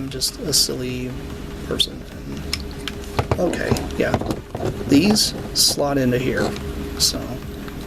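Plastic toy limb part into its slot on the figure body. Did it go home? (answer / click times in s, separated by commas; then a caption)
no / none. Someone talks while handling a transforming robot toy, pushing its folded plastic limb part toward its slot on the figure's body, with soft plastic handling noises under the talk. The clip ends before the part goes home, so nothing has seated or clicked yet.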